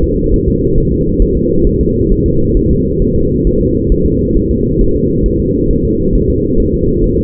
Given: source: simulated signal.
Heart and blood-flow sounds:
fetal heart sounds
0.04 s: S2
0.34 s: S1
0.48 s: S2
0.78 s: S1
0.92 s: S2
1.22 s: S1
1.37 s: S2
1.67 s: S1
1.81 s: S2
2.12 s: S1
2.26 s: S2
2.57 s: S1
2.71 s: S2
3.02 s: S1
3.16 s: S2
3.47 s: S1
3.61 s: S2
3.92 s: S1
4.06 s: S2
4.37 s: S1
4.51 s: S2
4.81 s: S1
4.96 s: S2
5.26 s: S1
5.40 s: S2
5.71 s: S1
5.85 s: S2
6.15 s: S1
6.30 s: S2
6.60 s: S1
6.74 s: S2
7.04 s: S1
7.19 s: S2
From the record:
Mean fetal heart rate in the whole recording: 135 bpm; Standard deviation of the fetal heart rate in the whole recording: 3 bpm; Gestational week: 36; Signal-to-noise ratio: -15.3 dB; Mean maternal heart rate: 72 bpm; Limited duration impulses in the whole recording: present

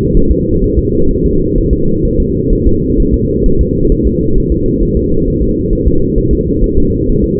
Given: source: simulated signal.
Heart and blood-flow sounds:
fetal heart sounds
0.17 s: S1
0.31 s: S2
0.64 s: S1
0.79 s: S2
1.11 s: S1
1.26 s: S2
1.58 s: S1
1.73 s: S2
2.05 s: S1
2.20 s: S2
2.53 s: S1
2.67 s: S2
3.00 s: S1
3.14 s: S2
3.46 s: S1
3.61 s: S2
3.92 s: S1
4.07 s: S2
4.38 s: S1
4.52 s: S2
4.83 s: S1
4.97 s: S2
5.28 s: S1
5.42 s: S2
5.73 s: S1
5.88 s: S2
6.18 s: S1
6.33 s: S2
6.64 s: S1
6.78 s: S2
7.09 s: S1
7.24 s: S2
From the record:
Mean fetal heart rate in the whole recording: 130 bpm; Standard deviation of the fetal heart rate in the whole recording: 4 bpm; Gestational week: 38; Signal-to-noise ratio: -16.4 dB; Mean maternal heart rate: 72 bpm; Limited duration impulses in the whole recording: present

